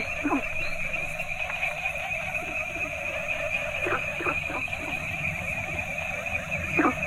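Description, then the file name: Several frogs giving sparse short falling calls, spaced irregularly, against a persistent high-pitched droning chorus. Mixed chorus of several frog species from Asia. "asian frogs variety"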